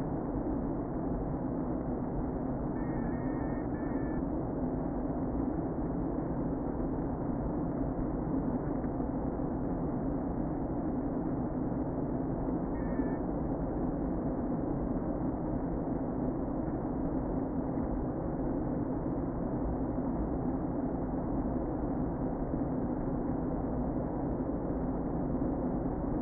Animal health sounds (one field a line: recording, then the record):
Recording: honeybee colony, microphone inside the hive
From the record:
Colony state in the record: queen present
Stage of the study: before two queens were removed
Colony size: about 60,000 bees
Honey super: yes